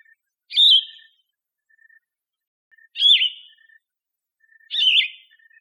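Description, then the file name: Yellow-throated vireo giving three raspy scolding notes at intervals, with faint soft ticks in the gaps. 29 August 2004. "YTVI 1 B 082904"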